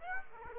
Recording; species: mosquito wingbeat signal from an infrared sensor; Aedes aegypti